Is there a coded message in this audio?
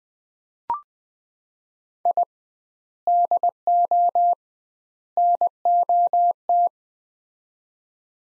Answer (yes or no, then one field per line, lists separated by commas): yes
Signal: Morse code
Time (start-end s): 2.1-6.7 s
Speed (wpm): 20 wpm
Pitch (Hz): 700 Hz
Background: none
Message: I DO NOT